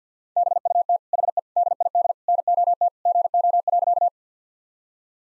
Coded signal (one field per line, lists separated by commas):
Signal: Morse code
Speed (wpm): 50 wpm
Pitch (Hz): 700 Hz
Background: none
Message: BUT HE DID NOT GO.